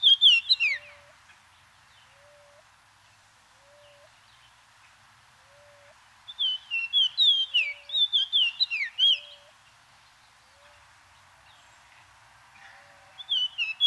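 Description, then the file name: Greater Antillean oriole song: bursts of clear, slurred whistles sliding down from high to mid pitch, with long quiet gaps and a faint low upslurred note repeated now and then. Cuba. "George Reynard & Orlando Garrido - Greater Antillean Oriole"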